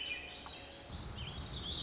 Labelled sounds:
Warbling Vireo (Vireo gilvus)
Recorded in Sonoma County, California

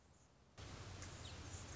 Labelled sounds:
Anna's Hummingbird (Calypte anna)
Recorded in Sonoma County, California

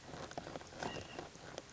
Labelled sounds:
White-breasted Nuthatch (Sitta carolinensis)
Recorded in Sonoma County, California

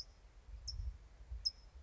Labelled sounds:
California Towhee (Melozone crissalis)
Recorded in Sonoma County, California

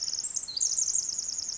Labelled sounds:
Pacific Wren (Troglodytes pacificus)
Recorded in Sonoma County, California

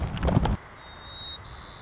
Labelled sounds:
White-crowned Sparrow (Zonotrichia leucophrys)
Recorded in Sonoma County, California

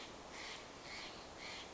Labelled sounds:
Steller's Jay (Cyanocitta stelleri)
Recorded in Sonoma County, California

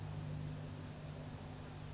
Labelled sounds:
California Towhee (Melozone crissalis)
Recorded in Sonoma County, California

